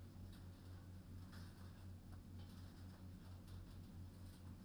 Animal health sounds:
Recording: poultry house recording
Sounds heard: no chicken sound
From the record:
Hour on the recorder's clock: 21

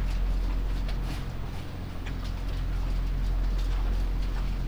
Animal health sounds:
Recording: poultry house recording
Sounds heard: sick chickens (respiratory disease)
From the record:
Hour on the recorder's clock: 1

